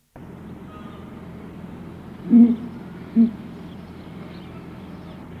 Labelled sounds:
Abyssinian Ground Hornbill call

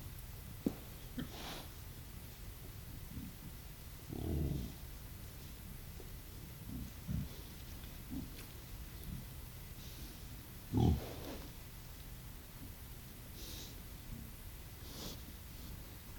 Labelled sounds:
Wild Boar grunting

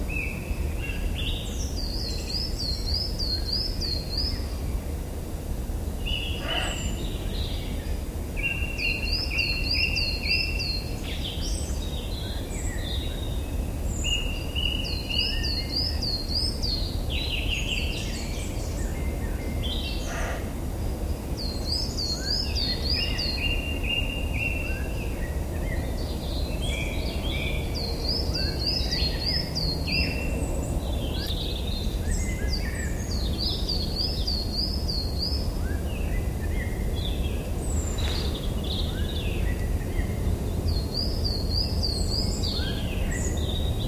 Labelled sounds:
Coal Tit

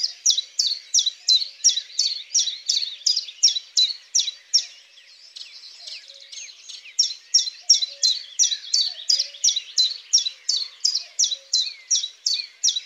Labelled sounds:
Common Chiffchaff song

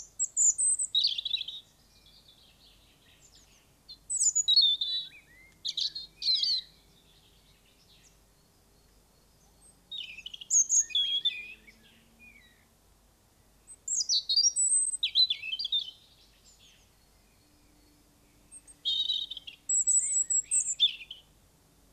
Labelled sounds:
European Robin song

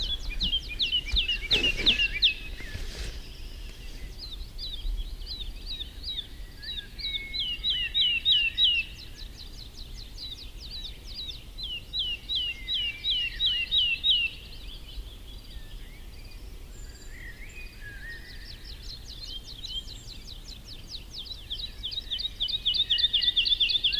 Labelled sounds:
Wood Lark

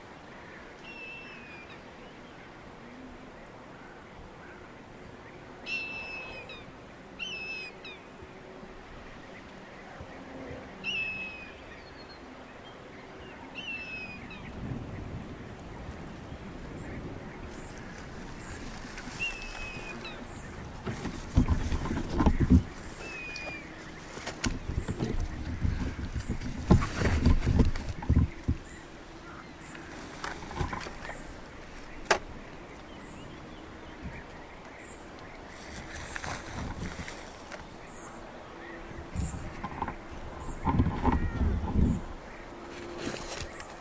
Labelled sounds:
Common Buzzard flight call

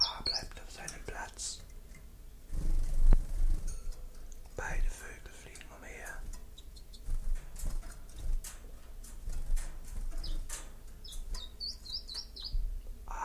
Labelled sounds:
Common Chiffchaff song

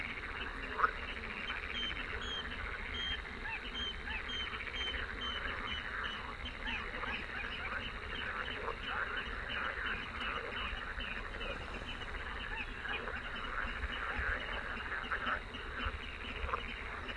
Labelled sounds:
Little Crake call

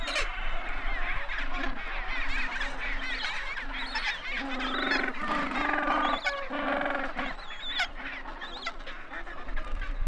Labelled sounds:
Gentoo Penguin call

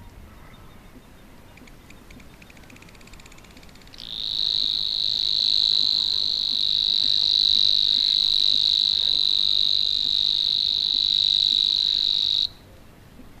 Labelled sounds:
Savi's Warbler

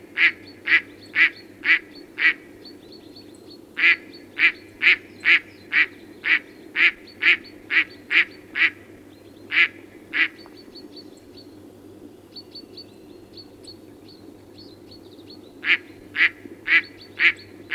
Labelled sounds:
Mallard call

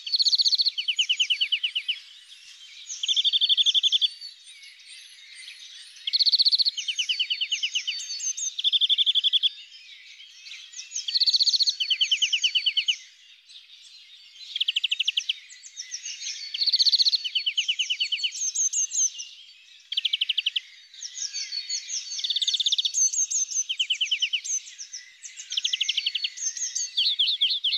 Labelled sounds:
European Greenfinch song

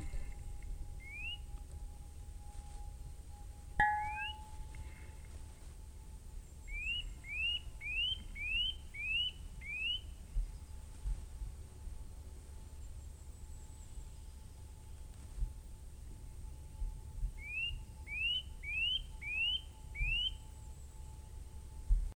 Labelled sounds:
Short-toed Treecreeper

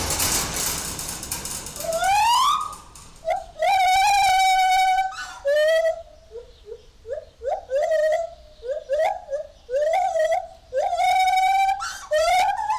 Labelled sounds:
Lar Gibbon

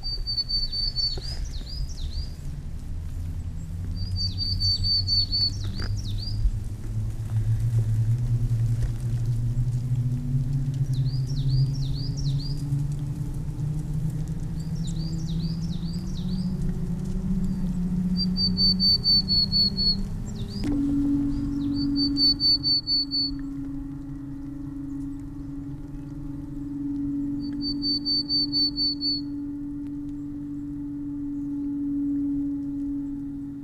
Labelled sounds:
Willow Tit song

